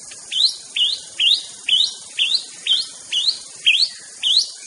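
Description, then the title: White-rumped shama giving a repeated sharp rising chip, about two per second, with steady background hiss. Wild bird in forest; natural, unaltered song. "Kicau Asli Murai Batu Hutan"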